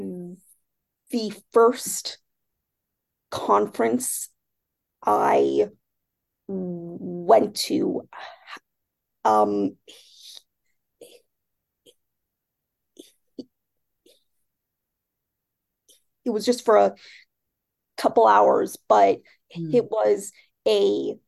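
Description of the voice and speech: Adult woman stutters: silent blocks mid-phrase, one over six seconds, plus drawn-out sounds, breaking otherwise fluent speech.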